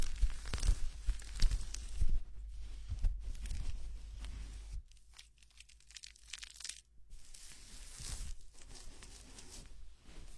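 A head massage during hair washing, with dense crinkling, rubbing and scratching close to the ear. The friction is busiest and brightest in the first two seconds and again around eight seconds, thinning out to softer, sparser scratches near five and seven seconds.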